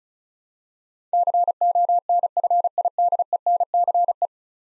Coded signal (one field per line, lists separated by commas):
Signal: Morse code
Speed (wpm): 36 wpm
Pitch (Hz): 700 Hz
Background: none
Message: CONFIDENCE